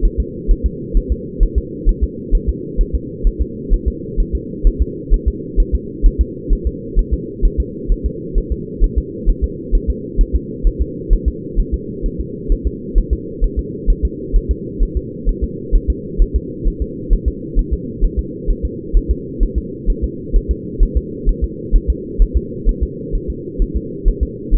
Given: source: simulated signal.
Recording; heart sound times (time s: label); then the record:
fetal heart sounds
0.05 s: S1
0.20 s: S2
0.51 s: S1
0.66 s: S2
0.97 s: S1
1.12 s: S2
1.43 s: S1
1.58 s: S2
1.89 s: S1
2.04 s: S2
2.35 s: S1
2.49 s: S2
2.81 s: S1
2.95 s: S2
3.27 s: S1
3.42 s: S2
3.73 s: S1
3.88 s: S2
4.20 s: S1
4.35 s: S2
4.67 s: S1
4.82 s: S2
5.14 s: S1
5.28 s: S2
5.60 s: S1
5.75 s: S2
6.06 s: S1
6.21 s: S2
6.53 s: S1
6.67 s: S2
6.99 s: S1
7.13 s: S2
7.45 s: S1
7.60 s: S2
7.92 s: S1
8.06 s: S2
8.38 s: S1
8.52 s: S2
8.84 s: S1
8.98 s: S2
9.30 s: S1
9.44 s: S2
9.75 s: S1
9.90 s: S2
10.21 s: S1
10.35 s: S2
10.67 s: S1
10.82 s: S2
11.13 s: S1
11.28 s: S2
11.60 s: S1
11.74 s: S2
12.06 s: S1
12.21 s: S2
12.52 s: S1
12.67 s: S2
12.98 s: S1
13.13 s: S2
13.44 s: S1
13.59 s: S2
13.90 s: S1
14.05 s: S2
14.36 s: S1
14.51 s: S2
14.83 s: S1
14.97 s: S2
15.29 s: S1
15.44 s: S2
15.75 s: S1
15.90 s: S2
16.22 s: S1
16.36 s: S2
16.68 s: S1
16.82 s: S2
17.13 s: S1
17.28 s: S2
17.59 s: S1
17.73 s: S2
18.05 s: S1
18.19 s: S2
18.50 s: S1
18.65 s: S2
18.97 s: S1
19.11 s: S2
19.43 s: S1
19.58 s: S2
19.90 s: S1
20.04 s: S2
20.36 s: S1
20.51 s: S2
20.83 s: S1
20.97 s: S2
21.29 s: S1
21.44 s: S2
21.75 s: S1
21.90 s: S2
22.22 s: S1
22.37 s: S2
22.69 s: S1
22.83 s: S2
23.15 s: S1
23.30 s: S2
23.62 s: S1
23.77 s: S2
24.08 s: S1
24.23 s: S2
24.55 s: S1
From the record:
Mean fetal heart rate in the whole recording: 130 bpm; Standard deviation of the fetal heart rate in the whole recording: 2 bpm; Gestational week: 38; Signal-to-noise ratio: -4.1 dB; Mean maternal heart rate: no maternal heart sound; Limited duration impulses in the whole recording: absent